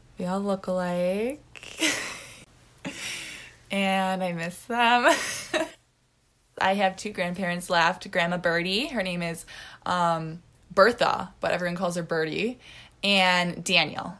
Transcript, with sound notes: we all look alike, [laughter] and I miss them [laughter] I have two grandparents left: Grandma Birdie; her name is, um, Bertha, but everyone calls her Birdie, and Daniel.